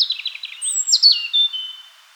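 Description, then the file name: European robin song, a rapid run of thin high whistled notes sliding downward, then a few sustained piercing tones, fading at the end. "Erithacus rubecula"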